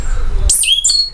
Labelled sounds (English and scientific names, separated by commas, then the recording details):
Stitchbird (Notiomystis cincta) song
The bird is a male
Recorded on Tiritiri Matangi Island, New Zealand, in 2005
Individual 22, of nest box 31